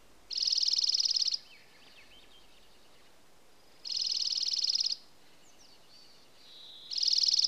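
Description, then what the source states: Dark-eyed junco song: a fast, dry, even trill on one pitch lasting about a second, repeated three times roughly every three and a half seconds, with faint thin calls between. Alaska; 24 May 2026.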